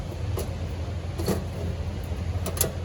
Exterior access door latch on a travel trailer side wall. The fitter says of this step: And that just presses and locks in place like so.